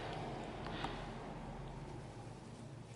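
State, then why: Not seated. The female cap of a bag rivet is being handled over the male post poked through the bag fabric, with a steady low rustling and a brief sharp sound around 0.7 s. The cap has not snapped on, and nothing has seated or clicked yet.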